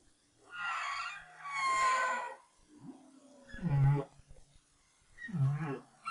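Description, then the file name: Whale song: two long, harsh harmonic moans, then two shorter units each ending in a deep low grunt, with quiet gaps between. Recorded in 2011. "BRAHSS Whale Song"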